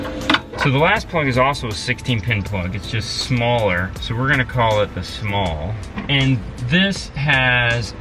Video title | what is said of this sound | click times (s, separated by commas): Chevy Cruze full car stereo teardown upgrade | now move on to the last part locked into place so | 0.3 s